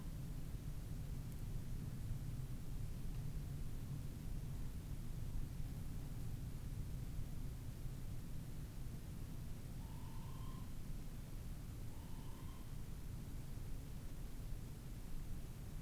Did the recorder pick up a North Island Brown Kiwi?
no